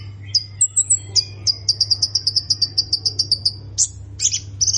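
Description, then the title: Plain prinia song: a high wavering note, then a rapid regular series of sharp chirps, closing with harsher buzzy notes, over a faint low hum. "Ciblek Sawah"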